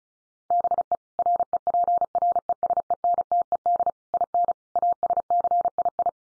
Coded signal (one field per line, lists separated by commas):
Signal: Morse code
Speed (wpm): 34 wpm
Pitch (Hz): 700 Hz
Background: none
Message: BE REPRESENTED IN ASCII